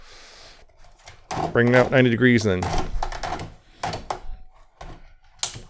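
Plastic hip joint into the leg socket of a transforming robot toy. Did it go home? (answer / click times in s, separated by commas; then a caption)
yes / 5.4 s. Someone talks while the second plastic hip joint of a Transformers Legacy United Tidal Wave transforming robot toy is swung out 90 degrees and pushed into its leg socket. A sharp plastic click at 5.4 s marks the joint locking into place.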